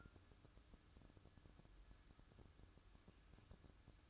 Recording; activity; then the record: daily activity, microphone in the room; take from stove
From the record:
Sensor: 2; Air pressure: 1007.8 hPa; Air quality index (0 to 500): 102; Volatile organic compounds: 1 ppm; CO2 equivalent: 766 ppm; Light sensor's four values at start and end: 6/15/6/6 and 6/15/6/6